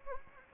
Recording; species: mosquito wingbeat signal from an infrared sensor; Anopheles gambiae